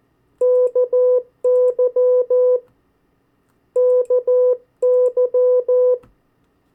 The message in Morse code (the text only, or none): KY KY